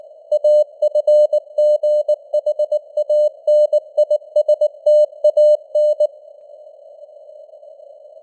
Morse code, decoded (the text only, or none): AFGHANISTAN